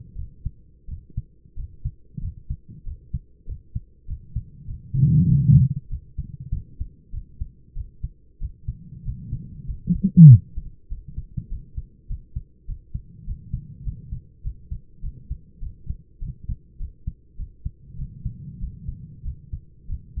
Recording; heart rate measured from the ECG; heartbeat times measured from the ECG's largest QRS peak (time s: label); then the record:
heart sounds by stethoscope; 97 bpm
0.15 s: heartbeat
0.88 s: heartbeat
1.56 s: heartbeat
2.21 s: heartbeat
2.84 s: heartbeat
3.46 s: heartbeat
4.07 s: heartbeat
4.67 s: heartbeat
5.27 s: heartbeat
5.89 s: heartbeat
6.51 s: heartbeat
7.12 s: heartbeat
7.75 s: heartbeat
8.40 s: heartbeat
9.04 s: heartbeat
9.66 s: heartbeat
10.28 s: heartbeat
10.89 s: heartbeat
11.49 s: heartbeat
12.08 s: heartbeat
12.67 s: heartbeat
13.25 s: heartbeat
13.84 s: heartbeat
14.43 s: heartbeat
15.01 s: heartbeat
15.60 s: heartbeat
16.20 s: heartbeat
16.78 s: heartbeat
17.37 s: heartbeat
17.97 s: heartbeat
18.60 s: heartbeat
19.23 s: heartbeat
19.87 s: heartbeat
From the record:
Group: healthy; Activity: rest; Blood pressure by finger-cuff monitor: 116/60 mmHg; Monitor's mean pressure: 78 mmHg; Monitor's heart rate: 97 bpm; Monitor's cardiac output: 10.5 L/min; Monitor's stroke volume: 109 mL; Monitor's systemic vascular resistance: 550 dyn s/cm5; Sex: male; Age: 24 years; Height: 184 cm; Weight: 89 kg